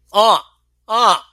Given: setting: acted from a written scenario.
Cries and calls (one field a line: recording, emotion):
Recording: vocal sound without words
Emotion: triumph